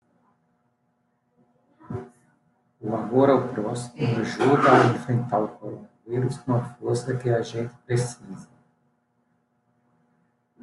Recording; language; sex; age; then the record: spoken sentence; Brazilian Portuguese; male; 40 to 49 years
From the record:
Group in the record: control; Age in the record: 45 years